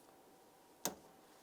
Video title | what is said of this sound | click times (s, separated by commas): How to Replace Front Power Window Motor 2003-2011 Mercury Grand Marquis | listen for a click give it a tug to make sure it's secure | 0.9 s